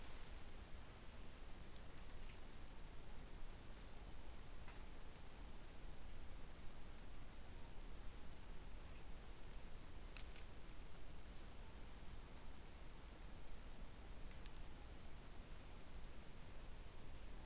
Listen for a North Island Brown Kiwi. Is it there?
no